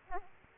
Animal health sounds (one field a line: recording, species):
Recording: mosquito wingbeat signal from an infrared sensor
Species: Aedes aegypti